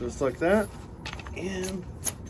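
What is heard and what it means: Someone talks while handling a telescoping leg section of a folding camping chair, with faint scraping and rattling as the leg is worked toward its extended position. Nothing has seated or clicked yet; the leg has not locked by the end.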